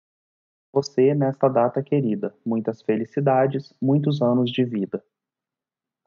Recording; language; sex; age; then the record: short text; Brazilian Portuguese; male; 30 to 39 years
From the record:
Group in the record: control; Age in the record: 30 years